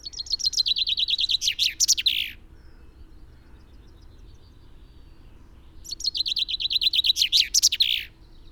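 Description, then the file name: Common chaffinch song: two full phrases, each a quick series of repeated descending notes with a terminal flourish, separated by about three and a half seconds of quiet. "Fringilla coelebs"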